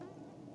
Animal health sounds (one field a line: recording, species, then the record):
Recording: mosquito flight sound by mobile phone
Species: Aedes sierrensis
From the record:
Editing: cut to the mosquito's sound